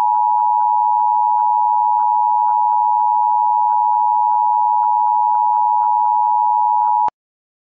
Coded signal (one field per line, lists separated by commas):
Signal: Emergency Alert System (SAME) tones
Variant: 853 and 960 Hz attention tone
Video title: VTH Movie EAS Part 4: ENTITY SPOTTED. THREAT DETECTED.